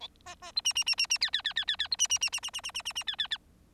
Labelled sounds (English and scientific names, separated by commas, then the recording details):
Bengalese Finch (Lonchura striata domestica) song
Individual Bird4